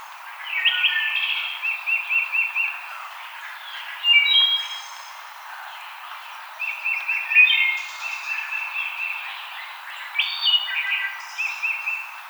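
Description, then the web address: Wood thrush song, a string of liquid whistled phrases, each finished with a high tremulous flourish, repeated several times. Recorded 5 May 2007. "Wood Thrush 2007 05 05"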